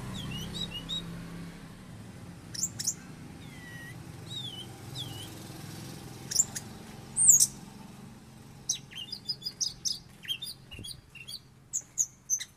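Oriental magpie-robin song: soft curved whistles, then sharp high notes and a fast run of clipped chips, with faint background hum.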